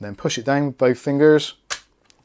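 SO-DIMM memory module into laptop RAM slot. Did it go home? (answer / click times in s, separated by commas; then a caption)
yes / 1.7 s. Someone talks while a DDR3 1600 SO-DIMM memory stick, lined up by its notch and inserted at a slight angle into the RAM slot of a ten-year-old ASUS P550L laptop, is wiggled and then pushed down with both fingers. The retaining clips snap with a sharp click at 1.7 s, and the module is seated.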